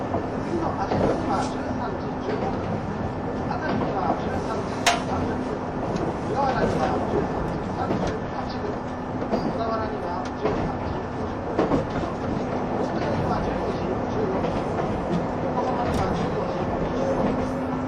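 Onboard running sound of the 185-series Odoriko 106 train: a steady, dense rumble with murmured voices and sharp clicks around five, twelve and sixteen seconds.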